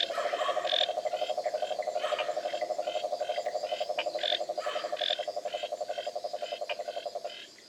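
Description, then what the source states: Frogs and treefrogs: frog chorus led by a steady, low, rapidly pulsing trill, with sharper clicking and chirping notes from other frogs scattered over it. Frogs and treefrogs recorded in Costa Rica in November–December, edited and mixed into a short musical composition.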